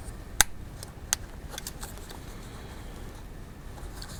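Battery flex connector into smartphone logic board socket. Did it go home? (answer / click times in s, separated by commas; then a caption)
yes / 0.4 s. The new battery's flex-cable connector on an iPhone 5 is pressed onto its socket on the phone's logic board, and it seats with a sharp, bright click at 0.4 s. A second, softer tick follows at 1.1 s, a faint one comes near 4.3 s, and low background hiss runs underneath throughout.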